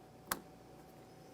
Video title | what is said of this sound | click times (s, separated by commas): How to Replace Front Door Speakers 1999-2006 Chevrolet Silverado 1500 | Once you hear that click, give it a tug to make sure it's secured. | 0.3 s